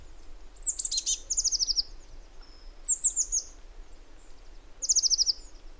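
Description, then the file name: Eurasian blue tit calls: high thin notes followed by quick descending trills, three bursts spread over six seconds. "Cyanistes caeruleus"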